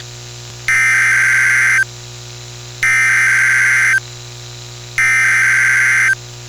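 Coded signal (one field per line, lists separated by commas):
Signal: Emergency Alert System (SAME) tones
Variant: header bursts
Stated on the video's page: Winter storm warning alert tones from a NOAA weather radio station, received over the air with an SDR.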